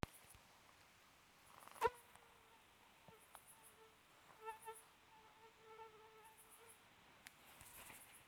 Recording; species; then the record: mosquito flight sound by mobile phone; Aedes sierrensis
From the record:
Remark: free flight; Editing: field recording with all noises